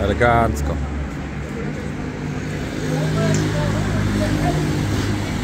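At a roadside repair, a patched tyre is being remounted on its wheel rim while someone talks over a steady vehicle and traffic hum. The tyre bead has not popped onto the rim yet, and nothing has seated by the end of the clip.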